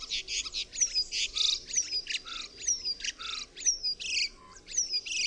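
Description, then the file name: Common starling chattering busily, with clicks, buzzy notes and a thin descending whistle repeated roughly every second, over a faint low rumble. "SZPAK"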